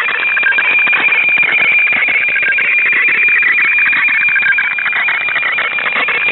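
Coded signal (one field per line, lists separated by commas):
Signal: weather fax (radiofax)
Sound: continuous warbling, scratchy tone rapidly shifting between high and lower pitches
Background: radio static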